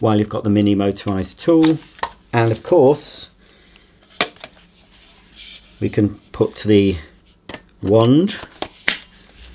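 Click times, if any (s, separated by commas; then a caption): 8.9 s. A cordless stick vacuum's extension wand is pushed onto the vacuum body and latches with a sharp plastic click at 8.9 s, a nice click fitting with a push-button release. Someone talks throughout, with a few small handling knocks around 4.2 s. The wand is seated.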